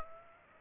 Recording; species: mosquito wingbeat signal from an infrared sensor; Aedes aegypti